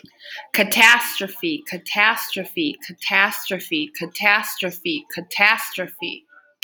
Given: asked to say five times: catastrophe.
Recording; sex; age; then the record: repeated word; female; 20 to 29 years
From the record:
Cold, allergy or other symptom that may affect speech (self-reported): no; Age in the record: 28 years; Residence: Minnesota, United States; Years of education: 18